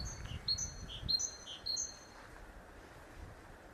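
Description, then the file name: Great tit song of a few quick two-note phrases, high dropping to lower, over low rumbling noise, then quiet background hiss. "Parus major"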